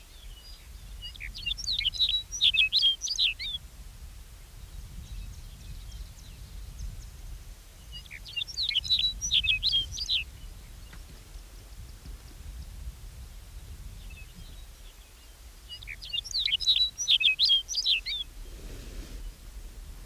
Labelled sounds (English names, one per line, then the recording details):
Lapland Longspur
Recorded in the wild
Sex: male
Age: adult
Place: Insel Mednyi, Kommandeur-Inseln, RU
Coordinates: 54.5167, 168.083
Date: 1999-07-06
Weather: no fog, 5°C, weak winds
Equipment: Sony WM-D6C, Sennheiser MKH 70, Windkorb, Kopie Sony TCD-D8
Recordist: Frommolt, Karl-Heinz